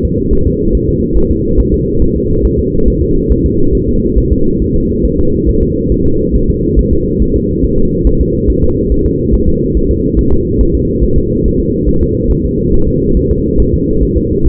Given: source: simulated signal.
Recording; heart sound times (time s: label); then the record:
fetal heart sounds
0.05 s: S2
0.33 s: S1
0.47 s: S2
0.75 s: S1
0.89 s: S2
1.17 s: S1
1.31 s: S2
1.60 s: S1
1.74 s: S2
2.02 s: S1
2.16 s: S2
2.45 s: S1
2.59 s: S2
2.88 s: S1
3.02 s: S2
3.31 s: S1
3.46 s: S2
3.75 s: S1
3.89 s: S2
4.18 s: S1
4.32 s: S2
4.62 s: S1
4.76 s: S2
5.05 s: S1
5.19 s: S2
5.49 s: S1
5.63 s: S2
5.92 s: S1
6.06 s: S2
6.36 s: S1
6.50 s: S2
6.79 s: S1
6.93 s: S2
7.22 s: S1
7.36 s: S2
7.65 s: S1
7.79 s: S2
8.07 s: S1
8.21 s: S2
8.50 s: S1
8.64 s: S2
8.92 s: S1
9.06 s: S2
9.34 s: S1
9.49 s: S2
9.77 s: S1
9.91 s: S2
10.19 s: S1
10.33 s: S2
10.61 s: S1
10.75 s: S2
11.04 s: S1
11.18 s: S2
11.46 s: S1
11.60 s: S2
11.89 s: S1
12.03 s: S2
12.31 s: S1
12.46 s: S2
12.74 s: S1
12.88 s: S2
13.17 s: S1
13.31 s: S2
13.60 s: S1
13.74 s: S2
14.03 s: S1
14.17 s: S2
14.47 s: S1
From the record:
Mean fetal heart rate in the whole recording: 140 bpm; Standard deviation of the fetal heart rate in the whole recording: 2 bpm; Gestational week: 34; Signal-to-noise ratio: -16.4 dB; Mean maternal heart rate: 72 bpm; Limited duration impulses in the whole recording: present